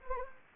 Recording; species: mosquito wingbeat signal from an infrared sensor; Anopheles gambiae